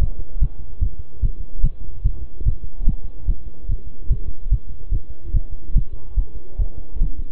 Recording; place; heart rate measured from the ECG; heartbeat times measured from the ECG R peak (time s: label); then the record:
heart sounds by stethoscope; between the tricuspid and mitral areas; 146 bpm
0.02 s: heartbeat
0.42 s: heartbeat
0.82 s: heartbeat
1.23 s: heartbeat
1.64 s: heartbeat
2.05 s: heartbeat
2.47 s: heartbeat
2.88 s: heartbeat
3.29 s: heartbeat
3.69 s: heartbeat
4.11 s: heartbeat
4.52 s: heartbeat
4.92 s: heartbeat
5.35 s: heartbeat
5.76 s: heartbeat
6.18 s: heartbeat
6.60 s: heartbeat
7.02 s: heartbeat
From the record:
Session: bicycle stress test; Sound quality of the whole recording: good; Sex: male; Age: 23 years